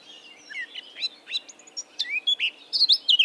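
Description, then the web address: Eurasian blackcap song fragment: varied scratchy and whistled notes, getting louder and clearer near the end. "SETE Sylvia atricapilla"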